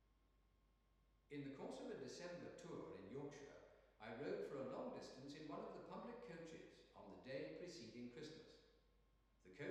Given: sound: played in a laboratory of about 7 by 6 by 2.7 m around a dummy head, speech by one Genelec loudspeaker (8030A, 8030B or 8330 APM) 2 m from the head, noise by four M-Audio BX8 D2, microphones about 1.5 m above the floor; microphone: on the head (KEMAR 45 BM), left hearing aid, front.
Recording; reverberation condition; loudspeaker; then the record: male speech in English; high; in front (0 degrees)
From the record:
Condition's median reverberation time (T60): about 1300 ms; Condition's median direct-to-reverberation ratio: about -4.0 dB